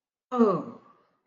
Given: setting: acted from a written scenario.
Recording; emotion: vocal sound without words; confusion